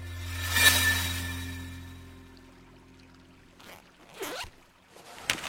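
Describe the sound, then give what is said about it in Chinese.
A backpack zipper is pulled open in a few quick rasping strokes, a longer drag early on followed by two or three shorter bursts, over a low steady hum. “唐默从背包中取出一张大白纸，他用笔在右上角标出一个星号标记，接着从星号开始向下方画出一条直线。”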